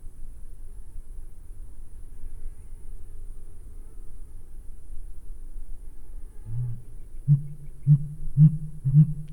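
Sooty grouse deep hooting: a low soft note, then four booming hoots at about half-second intervals near the end, over a low rumbling background.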